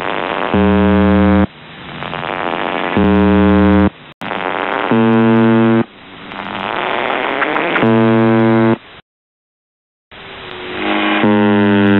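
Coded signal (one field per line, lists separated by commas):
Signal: channel marker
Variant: UVB-76 (The Buzzer)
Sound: four harsh low one-second buzzes, with hissing static and a short dropout between them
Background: radio static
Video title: The Buzzer/UVB-76(4625Khz) May 18th, 2023 Voice messages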